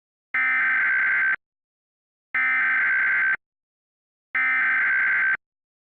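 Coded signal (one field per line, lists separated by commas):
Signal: Emergency Alert System (SAME) tones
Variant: header bursts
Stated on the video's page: Mock EAS Tornado Watch for Arkansas and Texas; a simulation, not a real alert.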